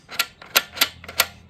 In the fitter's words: you know you got to run this from this down to it but you just simply got to pull you hear that click